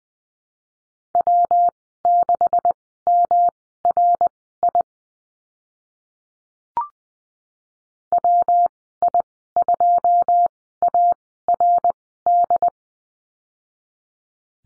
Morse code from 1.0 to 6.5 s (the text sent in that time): W6MRI